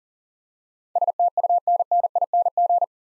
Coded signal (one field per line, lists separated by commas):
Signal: Morse code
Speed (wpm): 44 wpm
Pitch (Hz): 700 Hz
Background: none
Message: STUNNING